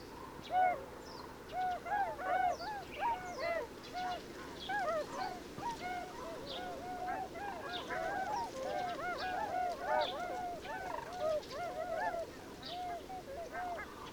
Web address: chant xeno-canto cygne de bewick